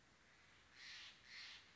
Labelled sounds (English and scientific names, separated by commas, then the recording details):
Steller's Jay (Cyanocitta stelleri)
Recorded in Sonoma County, California